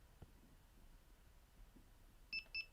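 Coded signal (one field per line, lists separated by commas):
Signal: beep code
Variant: Delkim bite alarm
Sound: quiet room, then two short high-pitched electronic beeps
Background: quiet room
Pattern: 2 short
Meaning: Setup mode entered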